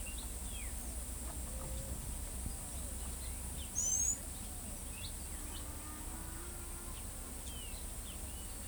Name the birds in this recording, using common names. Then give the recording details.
Palm Tanager. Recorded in pastures near Pivijay, Magdalena, Colombia, on 3 June 2023 at 15:00. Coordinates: 10.456, -74.369. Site P6-G026